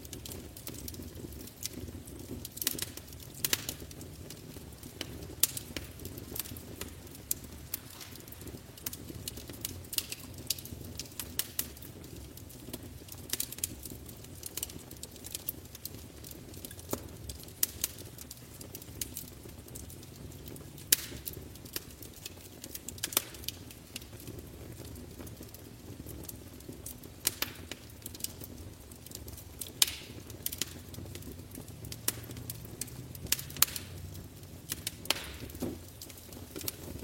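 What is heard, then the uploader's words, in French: A fire burns in a fireplace, its low, steady roar underneath a constant scatter of sharp crackles and pops. The snaps come irregularly, several per second, with occasional louder cracks standing out, and the sound stays even throughout. Cheminée et crépitement du feu. Dans cette expérience sonore, nous nous concentrons sur le doux crépitement du feu dans une cheminée. Écouter le bruit du feu qui crépite et grésille. Bruit du feu dans une cheminée et du crépitement des flammes.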